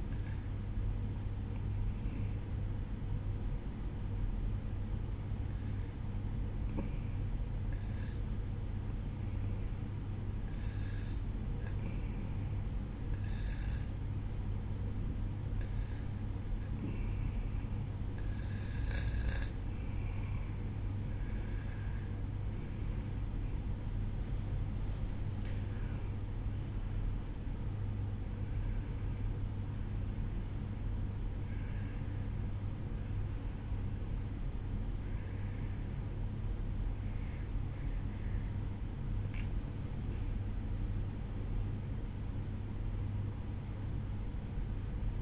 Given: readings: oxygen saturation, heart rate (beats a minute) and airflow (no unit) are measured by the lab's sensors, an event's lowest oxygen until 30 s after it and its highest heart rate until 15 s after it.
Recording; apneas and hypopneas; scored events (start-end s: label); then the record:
breathing in sleep by a smartphone at the bedside; 1
3.00-22.10 s: hypopnea (REM, oxygen 94% highest, then 93% lowest, heart rate 64 at the start, 75 highest)
From the record:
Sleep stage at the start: REM sleep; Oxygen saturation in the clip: 93 to 95%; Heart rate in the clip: 62 to 75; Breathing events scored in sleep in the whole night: 305 in 9.6 hours asleep